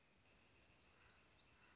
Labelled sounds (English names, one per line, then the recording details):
Northern Flicker
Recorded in Sonoma County, California